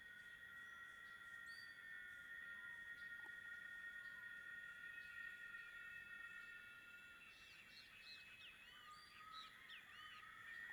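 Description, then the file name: Bird calls, a burst of quick chirping and twittering notes late over a steady high insect drone. Late-afternoon rural ambience with a cicada chorus and crickets. "Ambiencia fim de tarde coro de cigarras aumenta e diminui, grilos e passaros com um estouro no meio"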